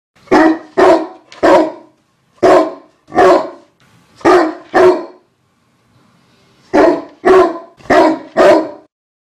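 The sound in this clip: Dog barking in short bursts of sharp, loud woofs, mostly in twos and threes, with a pause of about two seconds before a final run of four barks.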